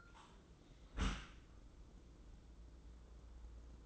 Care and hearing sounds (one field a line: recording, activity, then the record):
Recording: daily activity, microphone in the room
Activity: close dishwasher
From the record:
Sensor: 3